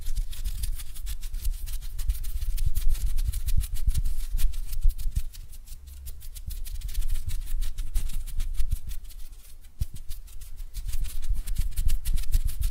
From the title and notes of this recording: ASMR Relaxing Hand Sounds (No Talking).